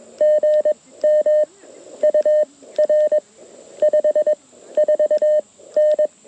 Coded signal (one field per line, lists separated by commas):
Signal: Morse code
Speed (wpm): 21 wpm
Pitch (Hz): 1800 Hz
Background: none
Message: GM UR 54N